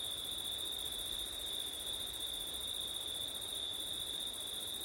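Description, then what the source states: Crickets sing a sustained, even high trill with a pulsing upper layer, while wind rustles quietly below. Crickets on a September night with wind; ortif recording.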